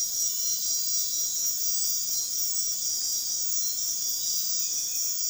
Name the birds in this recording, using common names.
none